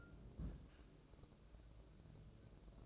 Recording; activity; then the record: daily activity, microphone in the room; place on stove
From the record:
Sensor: 2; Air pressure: 1008.0 hPa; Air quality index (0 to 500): 111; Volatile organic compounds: 1 ppm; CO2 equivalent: 833 ppm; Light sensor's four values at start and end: 6/15/6/6 and 6/15/6/6